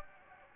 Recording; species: mosquito wingbeat signal from an infrared sensor; Anopheles gambiae